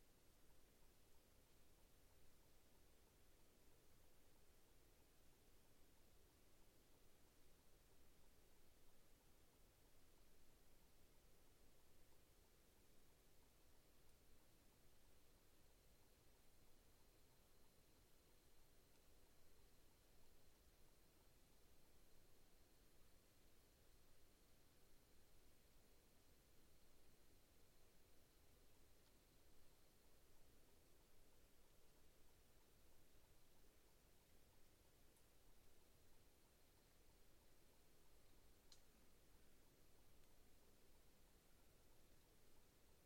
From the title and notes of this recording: Deeply Quiet Night In The Outback. The deepest quiet I have ever experience in my life was on this cool night in Mungo National Park. My microphones were out about a kilometer away in a small pocket of Mallee woodland where a few sounds could still be heard.